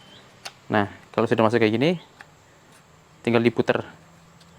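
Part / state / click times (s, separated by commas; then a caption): plastic strainer basket onto the center pipe of a water filter tank / not seated / none. A plastic strainer (distributor basket) is pushed onto the center pipe inside an FRP water filter tank, ready to be turned to the right to twist-lock it. Someone talks while handling it, with a couple of faint brief ticks around 0.5 s and 2.2 s. The strainer has not been turned home yet, and nothing has seated or clicked.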